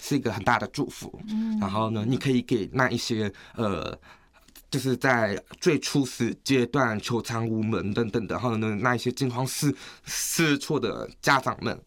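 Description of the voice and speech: Adult man with a hearing impairment speaking Mandarin, with a narrow pitch range, stretched vowels and creaky endings typical of hearing-impaired speech.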